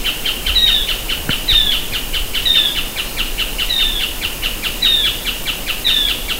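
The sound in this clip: Bird calling, brief high descending chirps roughly every second, set against rapid rhythmic ticking and a hissing noisy background.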